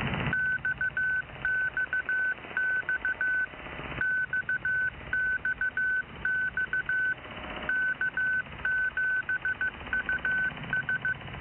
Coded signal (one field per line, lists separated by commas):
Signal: Morse code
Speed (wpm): 15 wpm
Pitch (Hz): 1500 Hz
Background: none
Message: XXX XXX K7US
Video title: 3238 kHz USB + 3239.5 kHz CW | 21st February 2024 | New Russian Military Stations?